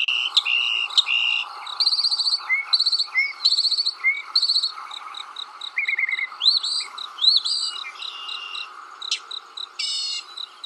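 Mockingbird song: a varied, fast medley of whistled, chattering and buzzy phrases, each repeated several times before switching, with a steady background hum.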